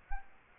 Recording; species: mosquito wingbeat signal from an infrared sensor; Culex quinquefasciatus